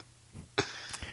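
A single sharp, forceful adult cough after a brief throaty sound, in a quiet small room.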